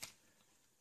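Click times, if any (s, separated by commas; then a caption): none. Two small plastic pegs on each side of a part of a Transformers Masterpiece MP-25 Tracks robot toy are being pushed toward their sockets to lock the part in place. A brief, bright handling sound comes right at the start, then fades into quiet background for the rest of the clip. Nothing has seated or clicked yet.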